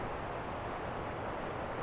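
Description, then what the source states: Black-and-white warbler song: high, sibilant wee-see notes repeated quickly and evenly, the phrase still running at the end. Recorded 13 June 2017 at 9:54 am on a trail in Acadia National Park; Fostex FR2 recorder with Sennheiser ME 66 microphone; high-pass filtered.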